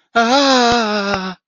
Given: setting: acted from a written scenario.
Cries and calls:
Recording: vocal sound without words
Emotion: fear

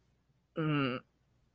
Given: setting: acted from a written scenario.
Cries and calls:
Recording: vocal sound without words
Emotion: shame

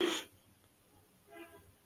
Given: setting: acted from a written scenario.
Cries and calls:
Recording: vocal sound without words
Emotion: romantic love

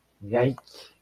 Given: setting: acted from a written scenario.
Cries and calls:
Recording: vocal sound without words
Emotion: disgust

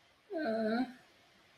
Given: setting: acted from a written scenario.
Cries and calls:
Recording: vocal sound without words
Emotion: shame

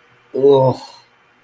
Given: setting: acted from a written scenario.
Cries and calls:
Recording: vocal sound without words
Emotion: disgust

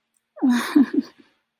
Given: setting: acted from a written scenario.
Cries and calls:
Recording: vocal sound without words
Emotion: sadness

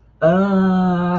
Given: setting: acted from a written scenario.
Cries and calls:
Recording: vocal sound without words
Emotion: pain

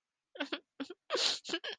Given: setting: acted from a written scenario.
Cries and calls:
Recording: vocal sound without words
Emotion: sadness

